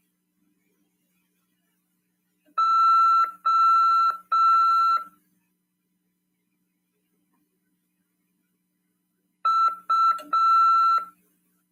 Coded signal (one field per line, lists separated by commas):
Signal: Morse code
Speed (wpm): 6 wpm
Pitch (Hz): 1340 Hz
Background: none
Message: O U